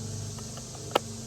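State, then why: Seated. A knife is pushed into a kydex and leather sheath, and the kydex retention bump catches the blade with one short, sharp click at 0.96 s over a steady low hum and faint background noise. The knife is seated and held firmly in the sheath.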